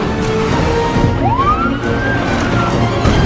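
vehicle, police car siren

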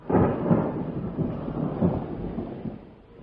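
nature, rain and thunder

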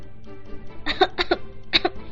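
human body sound, repeated dry coughing

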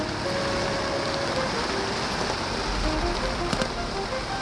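nature, drizzling rain

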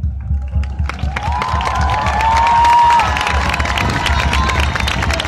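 crowd, audience applause and cheering

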